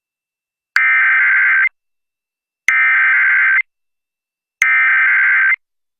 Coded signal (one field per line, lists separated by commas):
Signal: Emergency Alert System (SAME) tones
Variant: header bursts